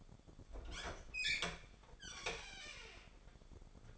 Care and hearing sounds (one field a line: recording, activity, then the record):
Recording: daily activity, microphone in the room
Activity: open fridge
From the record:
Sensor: 5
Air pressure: 1004.7 hPa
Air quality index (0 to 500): 156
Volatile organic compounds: 3 ppm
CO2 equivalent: 1467 ppm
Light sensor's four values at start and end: 21/47/19/17 and 22/50/20/19